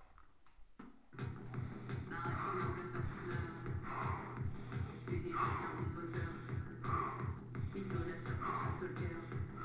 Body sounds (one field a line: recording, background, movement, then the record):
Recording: deep breathing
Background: music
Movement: sitting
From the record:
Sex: male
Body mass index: 22.0 kg/m2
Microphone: on the chest, facing the body